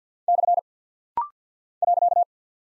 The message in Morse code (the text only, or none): / .